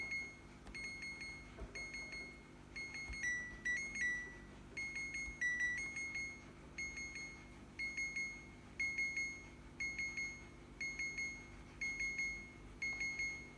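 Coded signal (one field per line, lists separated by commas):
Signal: alarm pattern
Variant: refrigerator door alarm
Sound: continuous series of short high electronic beeps near 2 kHz, alternating slightly in pitch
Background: low hum, small room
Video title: Can someone please help and switch the fridge beeping noise off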